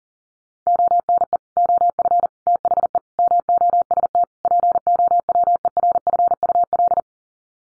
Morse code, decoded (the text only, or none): ONE OF THE MOST POWERFUL